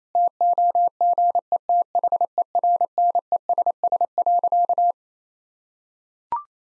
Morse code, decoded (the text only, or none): TOGETHERNESS.